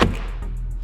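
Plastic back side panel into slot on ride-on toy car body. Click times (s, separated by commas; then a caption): 0.0 s. A plastic back side panel is pushed down into its slot on the body of a 24v ride-on toy car. A single sharp, loud click at 0.0 s shows it has seated, followed by a low steady hum and faint rustling.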